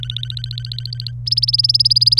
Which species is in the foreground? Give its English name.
Domestic Canary